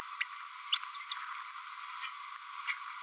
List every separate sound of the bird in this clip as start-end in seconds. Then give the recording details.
0.20-0.25, 0.72-0.82. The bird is a female. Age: 31 days. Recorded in a nest box in Venezuela. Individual 17B102A5